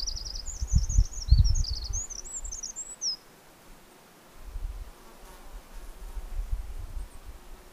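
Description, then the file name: Eurasian wren calling with a fast run of high, jumbled trills and slurred notes for about three seconds, over low thumping and wind-like rumble. "Troglodytes troglodytes"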